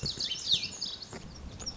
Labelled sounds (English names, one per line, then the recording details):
Lazuli Bunting
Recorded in Sonoma County, California